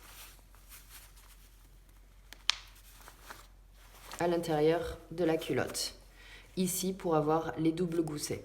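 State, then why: Seated. A fabric insert for a reusable cloth diaper is pressed into the inside of its protective cover and fastened with a plastic press stud, giving a single sharp snap at 2.5 s. The quiet fabric handling before it gives way to someone talking from about 4 s onward.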